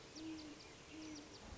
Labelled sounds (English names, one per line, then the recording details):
Great Horned Owl
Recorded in Sonoma County, California